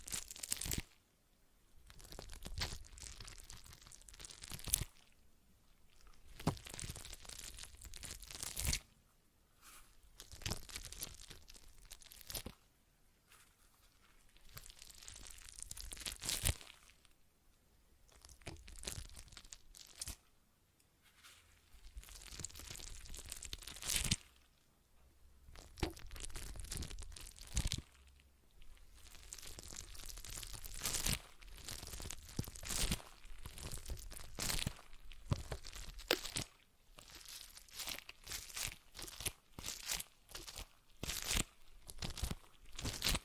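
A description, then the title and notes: A stress ball is squeezed and released over and over, making crinkly, crunching squishes in bursts of a second or several seconds. Short silent gaps separate most bursts, and sharper crackling clicks stand out within the louder squeezes. ASMR Relaxing Stress Ball Sounds (No Talking).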